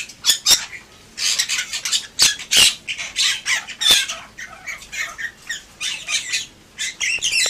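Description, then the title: Bali myna giving harsh, raspy squawks and chattering calls in bursts, nearly continuous over several seconds. "Jalak Bali"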